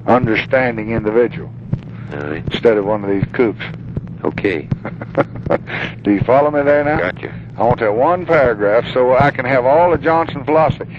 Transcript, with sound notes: understanding individual.
All right.
Instead of one of these kooks.
OK.
[chuckling] Do you follow me there, now?
Gotcha.
I want that one paragraph so that I can have all the Johnson philosophy.